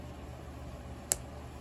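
A plastic triangle piece is pressed into place on a Transformers Blokees Dirge action figure, set in the "in or up" position. After a low, steady background hiss, a single sharp, bright snap is heard at 1.1 s, and the piece is seated.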